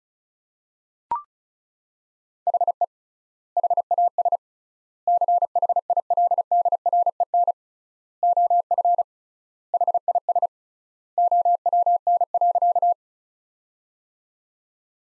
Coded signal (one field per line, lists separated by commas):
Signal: Morse code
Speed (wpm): 34 wpm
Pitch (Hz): 700 Hz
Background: none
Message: HE HAS CHILDREN OF HIS OWN.